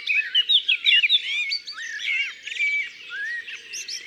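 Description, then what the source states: Common blackbird singing fluty whistled phrases mixed with rapid twitters and squeaks, several phrases in quick succession. Ardèche.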